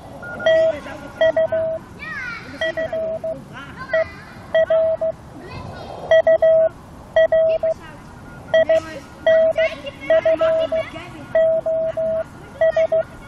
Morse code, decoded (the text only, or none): TU FER UR INFOS